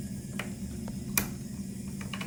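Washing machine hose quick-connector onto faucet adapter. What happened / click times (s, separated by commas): The hose coupling clicked onto the faucet adapter / 1.2 s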